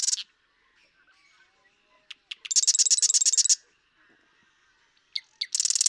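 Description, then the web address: Marsh Wren song: clicking introductory notes leading into a dry, rapid rattle about a second long, repeated after a pause, with soft chatter between. "birdsongforthecurious Marsh Wren"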